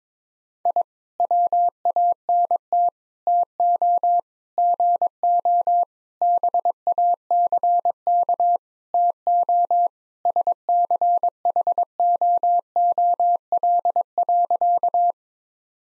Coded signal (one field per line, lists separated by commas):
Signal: Morse code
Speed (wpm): 22 wpm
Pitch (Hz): 700 Hz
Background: none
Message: I WANT TO GO BACK TO SCHOOL.